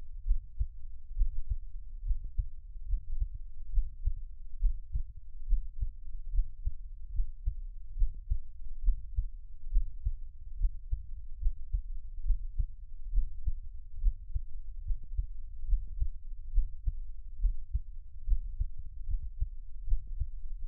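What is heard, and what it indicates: Soft, low thumping heartbeats repeat steadily at about 69 beats per minute, with a faint background hum and no speech. It is a close recording of an adult's own heartbeat, made as relaxing ASMR listening from Taiwan, with no talking.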